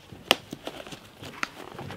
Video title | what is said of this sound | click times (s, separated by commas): The Mystery Ranch Thor III Modifications | has clicked into place so now i have a malice clip here | 0.3 s